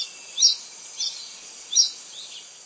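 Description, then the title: Bird calling with four high, quick chirps spaced unevenly over a quiet hiss. "LuckyPassaro Completos2Sama"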